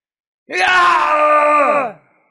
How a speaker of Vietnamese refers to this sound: phát ra một tiếng kêu đau đớn